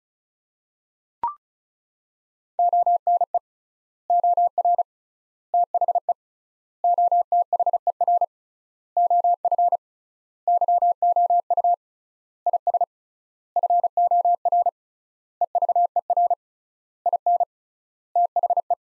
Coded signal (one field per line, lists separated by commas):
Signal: Morse code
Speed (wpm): 36 wpm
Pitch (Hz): 700 Hz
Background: none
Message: ONE OR THE OTHER OF YOU IS FOR EVER IN THE